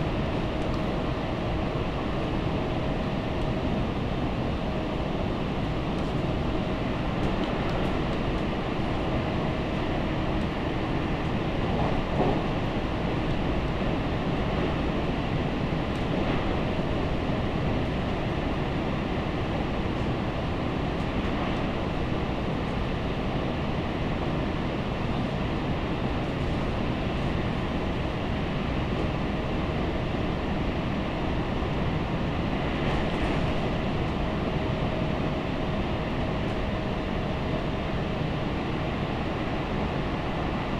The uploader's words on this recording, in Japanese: 東海道本線 豊橋→安城（新快速）。